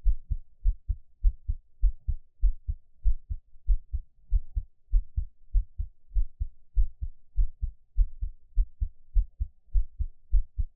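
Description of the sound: Steady, regular low lub-dub thumps of an adult's own heartbeat heard close up, about 100 per minute, with no talking; ordinary heart sounds.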